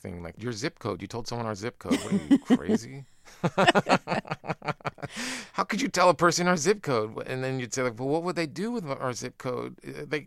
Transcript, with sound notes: like your ZIP code. You told someone our ZIP code? What, are you crazy?
(LAUGHTER)
How could you tell a person our ZIP code? And then you'd say, well, what would they do with our ZIP code?